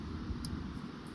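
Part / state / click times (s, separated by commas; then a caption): connector onto A/C compressor control solenoid valve / seated / 0.5 s. An electrical connector is pushed onto the new refrigerant control valve seated in the A/C compressor of a VW Tiguan R-Line. Over a steady low rumble, a short, faint snap is heard at 0.4 seconds. The connector seats and stays on when tugged.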